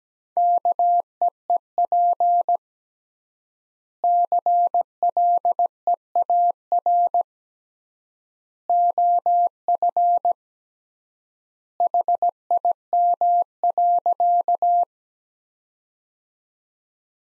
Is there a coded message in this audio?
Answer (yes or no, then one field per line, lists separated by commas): yes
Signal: Morse code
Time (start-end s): 0.4-14.8 s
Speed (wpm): 17 wpm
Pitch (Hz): 700 Hz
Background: none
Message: KEEP CLEAR OF HIM.